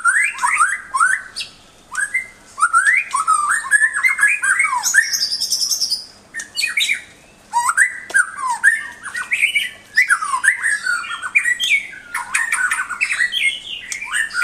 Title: mster Mnuk. Suara Murai Batu Gacor Master untuk Melatih Ketangguhan Murai Baru Milik Anda